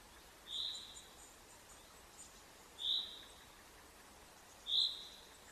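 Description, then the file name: Common chaffinch, three short high call notes spaced about two seconds apart, with a quiet hiss beneath. "Fringilla coelebs"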